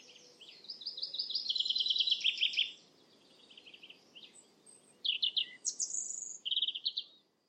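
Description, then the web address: European robin song: a long flowing warble of rapid high trills, then separate sharp sliding phrases and a final twittering burst, over steady low hiss. "Deverinetal 2025"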